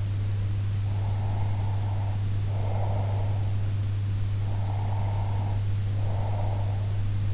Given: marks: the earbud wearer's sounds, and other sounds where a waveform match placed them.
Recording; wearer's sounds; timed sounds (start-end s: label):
sounds in sleep by an in-ear microphone; breath
0.80-3.52 s: breath
4.46-6.95 s: breath